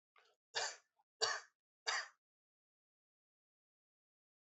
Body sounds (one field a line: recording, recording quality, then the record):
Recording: shallow voluntary cough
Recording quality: excellent, no background noise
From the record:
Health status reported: healthy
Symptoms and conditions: hypertension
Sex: male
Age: 55 years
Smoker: not ticked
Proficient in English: yes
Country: India